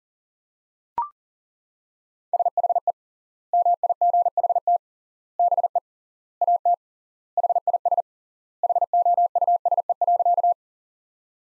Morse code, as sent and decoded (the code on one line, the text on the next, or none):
... .... . / -- .. --. .... - / -... . / .- - / .... .. ... / .... --- ..- ... . .-.-.-
SHE MIGHT BE AT HIS HOUSE.